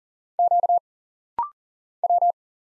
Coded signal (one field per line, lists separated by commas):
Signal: Morse code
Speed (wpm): 40 wpm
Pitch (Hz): 700 Hz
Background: none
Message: Q W